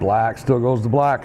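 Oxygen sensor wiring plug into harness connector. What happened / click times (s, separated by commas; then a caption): Connector handled but not yet seated; no click / none. The black oxygen sensor wiring plug on a Harley Touring motorcycle is being handled for pushing into its mating plastic harness connector after the headers and heat shields are installed. Only a man talking is heard for the whole 1.3 seconds. Nothing has seated or clicked yet.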